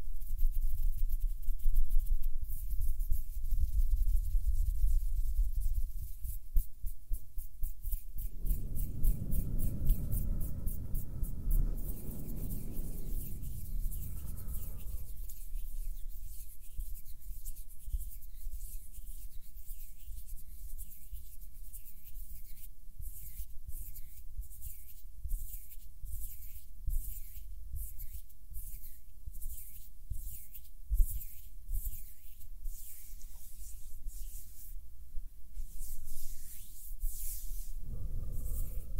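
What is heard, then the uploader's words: Soft hand rubbing and brushing sounds with steady low rumble, a louder whooshing swell around ten to fifteen seconds, then quick rhythmic scratching. HAND SOUNDS + SOFT HAND MOVEMENS. With mic blowing.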